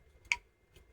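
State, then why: Seated. The wiring harness plug of a new 10-inch BINIZE Android Auto radio is pushed into the factory dash wiring connector of a Lambo project car. The plastic connector latches with a sharp, bright click at 0.3 s, with faint softer ticks just before and around 0.8 s, confirming that it has seated.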